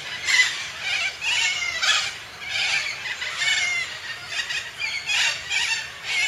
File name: canto da cacatua inca